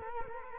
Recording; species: mosquito wingbeat signal from an infrared sensor; Culex quinquefasciatus